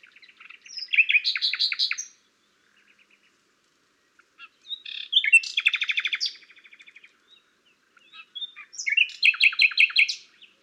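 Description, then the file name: Common nightingale singing three separate phrases of rapid repeated chirping notes with brief trills, each about one and a half to two and a half seconds long and divided by pauses of near silence. "Luscinia megarhynchos"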